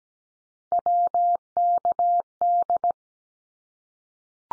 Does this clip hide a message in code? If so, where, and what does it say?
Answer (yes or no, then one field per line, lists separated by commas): yes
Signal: Morse code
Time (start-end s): 0.7-2.9 s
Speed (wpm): 17 wpm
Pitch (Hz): 700 Hz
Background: none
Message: WKD